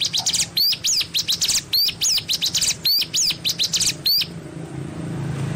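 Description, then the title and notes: Spiderhunter singing quick bursts of high, sharp chirps that open with an upward-swept note. The phrases repeat steadily for four seconds, then stop, leaving a soft hiss. Masteran recording for training cage birds; song described as gacor, clear and long. "Pijantung Gunung Gacor Jernih Panjang. Masteran burung"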